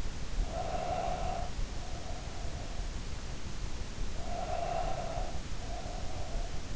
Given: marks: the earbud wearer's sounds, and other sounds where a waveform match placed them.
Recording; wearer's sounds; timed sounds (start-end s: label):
sounds in sleep by an in-ear microphone; breath
0.35-2.76 s: breath
3.99-6.69 s: breath